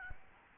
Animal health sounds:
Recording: mosquito wingbeat signal from an infrared sensor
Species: Aedes albopictus

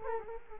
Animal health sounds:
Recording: mosquito wingbeat signal from an infrared sensor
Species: Culex quinquefasciatus

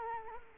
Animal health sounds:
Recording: mosquito wingbeat signal from an infrared sensor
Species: Culex quinquefasciatus

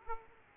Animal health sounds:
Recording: mosquito wingbeat signal from an infrared sensor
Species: Aedes aegypti

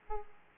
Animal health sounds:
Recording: mosquito wingbeat signal from an infrared sensor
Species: Aedes aegypti

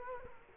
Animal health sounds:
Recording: mosquito wingbeat signal from an infrared sensor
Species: Culex quinquefasciatus

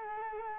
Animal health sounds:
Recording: mosquito wingbeat signal from an infrared sensor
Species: Culex quinquefasciatus

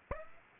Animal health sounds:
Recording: mosquito wingbeat signal from an infrared sensor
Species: Aedes aegypti

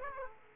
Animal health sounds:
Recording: mosquito wingbeat signal from an infrared sensor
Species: Aedes aegypti

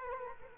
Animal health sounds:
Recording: mosquito wingbeat signal from an infrared sensor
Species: Culex quinquefasciatus

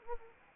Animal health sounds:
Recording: mosquito wingbeat signal from an infrared sensor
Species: Anopheles arabiensis

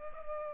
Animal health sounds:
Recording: mosquito wingbeat signal from an infrared sensor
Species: Culex pipiens

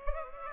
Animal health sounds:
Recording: mosquito wingbeat signal from an infrared sensor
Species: Aedes aegypti

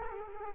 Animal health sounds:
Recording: mosquito wingbeat signal from an infrared sensor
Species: Culex quinquefasciatus

